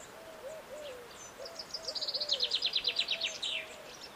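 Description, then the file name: Common chaffinch song, a rapid series of high descending notes speeding into a trill midway, over a soft, repeated low wavering whistle from another bird throughout. "Fringilla coelebs"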